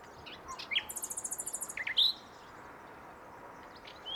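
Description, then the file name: Common nightingale song: one rapid, buzzy high trill framed by a few sharp chirps, then a quiet stretch with a steady hiss. "Luscinia megarhynchos"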